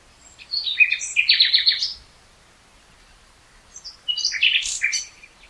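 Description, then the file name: Common nightingale singing two varied phrases of quick chirps, rattling repeated notes and high sweeps, with a silent pause of about two seconds between them. "Luscinia megarhynchos"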